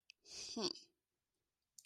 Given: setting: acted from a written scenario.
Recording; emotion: vocal sound without words; contempt